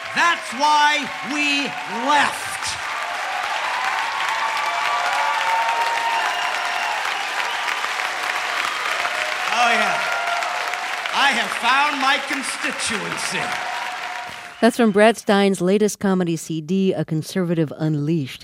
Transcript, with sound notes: That's why we left. (Soundbite of audience cheering) Oh, yeah. I have found my constituency.
That's from Brad Stine's latest comedy CD, "A Conservative Unleashed."